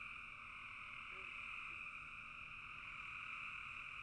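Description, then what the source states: Frog chorus of many overlapping high calls forming a constant, even drone. Frogs in a bog.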